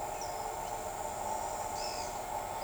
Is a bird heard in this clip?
yes